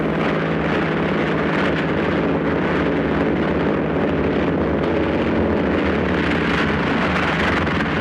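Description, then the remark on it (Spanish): A motorboat's engine drones steadily on the open sea beneath heavy rushing wind and water noise, a constant low rumble with no pauses and no voices. “En alta mar, donde cayó la avioneta, una lancha recoge a Munson.”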